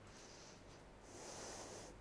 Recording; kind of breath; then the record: one breath in and out by a microphone near the nose and mouth; deep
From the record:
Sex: female